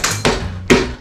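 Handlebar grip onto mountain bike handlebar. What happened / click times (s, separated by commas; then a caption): The grip was knocked fully home on the bar / 0.7 s. A handlebar grip is hit onto a mountain bike handlebar with three knocks, at about 0.1, 0.3 and 0.7 seconds. The last knock at 0.7 s is the loudest and sharpest, with a distinct noise as the grip bottoms out. The grip is now fully home, past the earlier tight spot that can make it seem already on.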